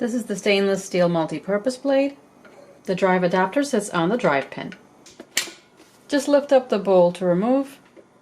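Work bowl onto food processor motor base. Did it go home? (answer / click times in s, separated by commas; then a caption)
no / none. Someone talks while handling a food processor with a stainless steel multi-purpose blade, whose drive adapter sits on the drive pin, and a plastic work bowl that pushes straight down onto the motor base without twisting. Around 5.1 to 5.4 seconds there are a few short sharp knocks between the talking, the loudest at about 5.4 seconds. The bowl has not yet clicked into place on the base.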